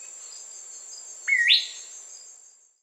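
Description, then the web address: Blue-backed manakin call: one short buzzy note that holds level, then sweeps sharply upward, over a thin, continuous high insect whine. South America. "Natures Songs S America Blue-backed Manakin"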